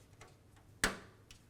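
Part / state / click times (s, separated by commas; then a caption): motherboard I/O shield into the rear opening of a PC case / seated / 0.8 s. A metal rear I/O shield for a Skylake-X motherboard is lined up with the rear opening of a Corsair Obsidian 750D PC case and its corners are pushed in. Faint ticks come at about 0.2 s and 1.3 s, with one loud, sharp snap at 0.8 s that rings down briefly. The shield is seated in the case.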